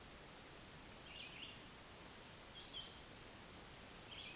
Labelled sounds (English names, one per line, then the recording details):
Black-throated Green Warbler song
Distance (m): 30 m
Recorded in a Pennsylvania forest on 1 June 2023 at 07:43
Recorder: AudioMoth, point grid3_35_high
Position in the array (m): 162 m, 137 m